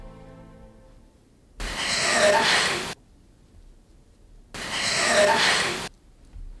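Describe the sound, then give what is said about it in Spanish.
Two long, heavy breaths heard in a psychophony recording, each lasting over a second with a broad hissing rasp, separated by a pause of quiet low hum. The breathing sounds strained and labored, with no talking. “Seccionada la psicofonía, escuchamos de nuevo esa respiración que, por cierto, parece es que alguien que está, no sé, respirando muy mal.”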